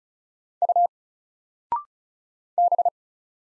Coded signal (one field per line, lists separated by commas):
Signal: Morse code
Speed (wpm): 36 wpm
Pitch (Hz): 700 Hz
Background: none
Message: U B